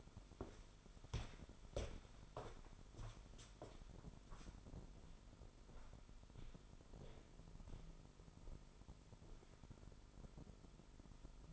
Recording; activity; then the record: daily activity, microphone in the room; walk to room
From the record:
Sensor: 5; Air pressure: 988.4 hPa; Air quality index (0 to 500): 200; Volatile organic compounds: 73 ppm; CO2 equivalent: 3544 ppm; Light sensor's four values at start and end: 52/142/58/65 and 47/143/56/60